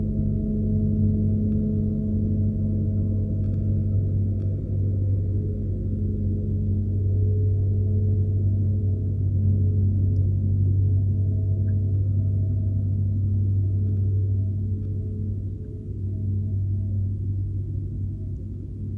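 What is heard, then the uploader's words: A fireplace sings from the inside with a steady, deep resonant hum, layered low tones holding for the whole stretch with only slight swelling and dipping. A few faint, sparse ticks and crackles sit lightly above the drone. Singing fire place. Record the inside of a fireplace on a Saturday morning for a half hour.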